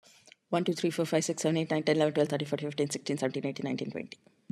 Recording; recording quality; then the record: counting at a fast pace; excellent, no background noise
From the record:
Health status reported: COVID-19 positive, mild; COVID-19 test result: positive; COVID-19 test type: RT-PCR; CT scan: not taken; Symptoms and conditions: fatigue, diabetes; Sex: female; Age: 51 years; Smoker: no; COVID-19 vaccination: both doses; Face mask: not worn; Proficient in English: yes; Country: India